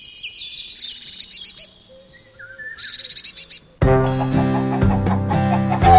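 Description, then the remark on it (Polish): A merlin gives two bursts of rapid, shrill chattering calls with a brief pause between them, then loud music abruptly takes over for the rest. “Jeszcze świergotki ze wschodu lecą i często drzemlik też im towarzyszy, pilnuje.”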